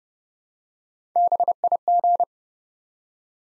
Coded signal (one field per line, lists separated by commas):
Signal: Morse code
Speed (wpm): 30 wpm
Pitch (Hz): 700 Hz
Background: none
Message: BIG